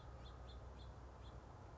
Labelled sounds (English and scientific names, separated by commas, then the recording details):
House Finch (Haemorhous mexicanus)
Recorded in Sonoma County, California